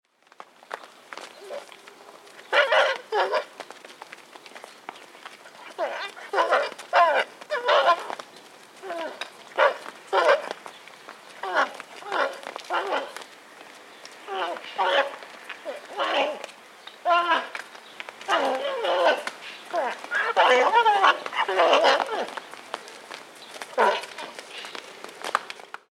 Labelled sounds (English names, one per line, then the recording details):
Onager
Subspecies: kulan
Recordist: Tembrock, Günter
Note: Stute: Abwehrlaute gegen Hengst